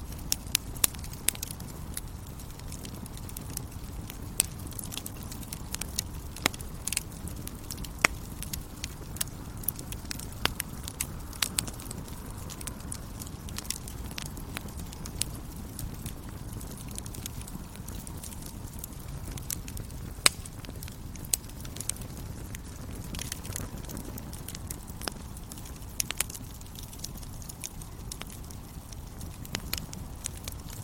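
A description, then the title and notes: A campfire crackles steadily at night, with sharp pops and snaps scattered irregularly throughout, several clustering every few seconds. Beneath them runs a constant low, soft roar from the burning fire, unchanging for the whole stretch. Cozy Campfire. Crackling fire sounds. Campfire at night.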